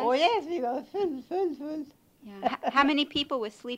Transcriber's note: she laughs